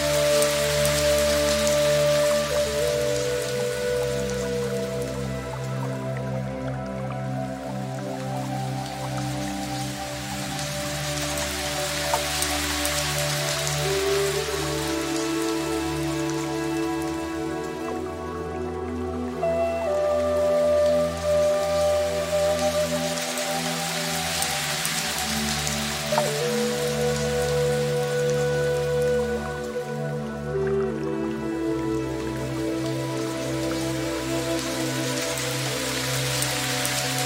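Gentle rain falls in a steady, dense patter across the whole recording, bright. Underneath, soft sustained flute-like tones hold long low and middle notes that shift slowly, with a brief gap in the hiss around every twelve seconds.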